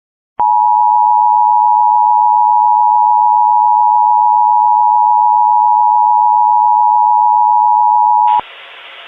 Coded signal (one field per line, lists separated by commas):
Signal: Emergency Alert System (SAME) tones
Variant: 853 and 960 Hz attention tone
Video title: EAS Derailment in Oregon State